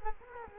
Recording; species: mosquito wingbeat signal from an infrared sensor; Culex quinquefasciatus